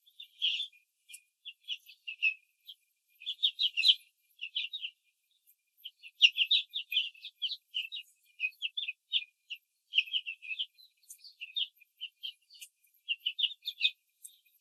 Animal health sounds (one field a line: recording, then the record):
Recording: young laying hens in a cage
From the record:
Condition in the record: control cage, after the stress test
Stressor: none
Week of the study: 4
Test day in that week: 3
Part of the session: 3